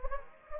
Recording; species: mosquito wingbeat signal from an infrared sensor; Anopheles gambiae